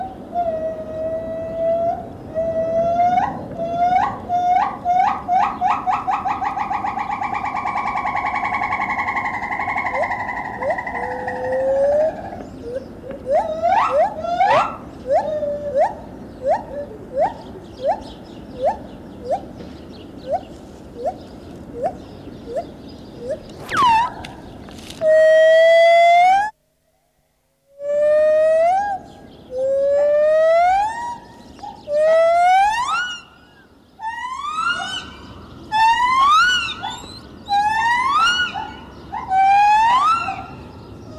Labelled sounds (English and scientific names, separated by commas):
Borneo Gibbon (Hylobates muelleri)